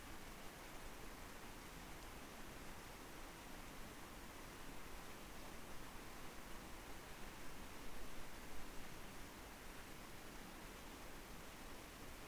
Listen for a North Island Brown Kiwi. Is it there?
no